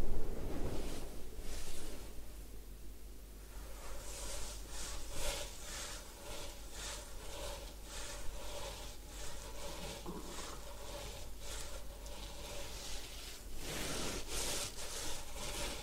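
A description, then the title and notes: A head spa hair wash: bright, hissing swishes of water and scrubbing come in quick, uneven strokes, roughly twice a second, with a denser flurry near the end. A steady low hum runs underneath throughout, and the opening moment is slightly louder. Head Spa Hair Wash, Massage, Ear Cleaning.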